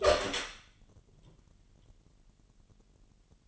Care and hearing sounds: daily activity, microphone in the room; open door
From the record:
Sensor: 4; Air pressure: 999.2 hPa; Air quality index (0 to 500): 115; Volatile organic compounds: 2 ppm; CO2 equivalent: 1138 ppm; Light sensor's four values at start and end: 13/31/12/14 and 13/34/13/15

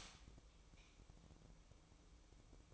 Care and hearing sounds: daily activity, microphone in the room; stop toaster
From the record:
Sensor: 1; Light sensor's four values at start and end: 7/17/7/8 and 7/17/7/8

